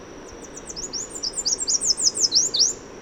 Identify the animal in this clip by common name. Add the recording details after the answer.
Chestnut-capped Warbler. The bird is a male. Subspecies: delattrii. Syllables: 17. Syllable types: 7. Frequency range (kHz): 3.6-8.9 kHz. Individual MA-WSO-M